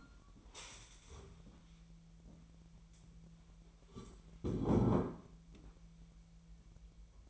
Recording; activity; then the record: daily activity, microphone in the room; stand up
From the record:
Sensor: 1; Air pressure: 1001.6 hPa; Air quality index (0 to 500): 248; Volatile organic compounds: 122 ppm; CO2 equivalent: 3886 ppm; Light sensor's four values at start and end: 9/22/9/9 and 9/21/8/9